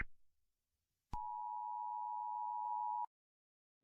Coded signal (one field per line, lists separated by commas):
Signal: Emergency Alert System (SAME) tones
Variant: 853 and 960 Hz attention tone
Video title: Sri Lanka eas alarm 2004 🇱🇰